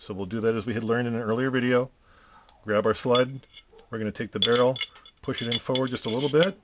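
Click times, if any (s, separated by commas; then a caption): none. Someone talks while handling a Springfield Armory XD9 pistol during reassembly, taking the barrel and pushing it slightly forward into the slide. Light metallic clinks may sit under the speech, but the barrel has not yet been pulled back and nothing has seated or clicked into place in the slide yet.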